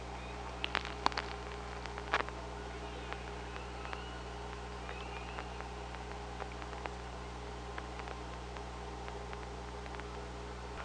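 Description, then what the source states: Killer whale sounds: bursts of sharp echolocation-like clicks with a few faint tonal sweeps, over a constant low hum. Recorded on the OrcaLab hydrophone, 24 August 2017, 05:25:18.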